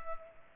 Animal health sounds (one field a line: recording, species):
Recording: mosquito wingbeat signal from an infrared sensor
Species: Culex pipiens